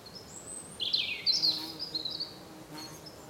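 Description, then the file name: European robin producing a short, high, thin warbled phrase that wavers and slides, over steady low background hiss. "Erithacus rubecula"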